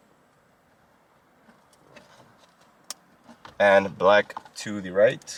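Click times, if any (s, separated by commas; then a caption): 2.9 s. The white airbag connector is plugged into the left-side socket on a V6 Mustang's upgraded steering wheel, giving a sharp pop at 2.9 s as it seats into place, followed by a softer tick at 3.5 s. After the quiet handling noise, someone talks.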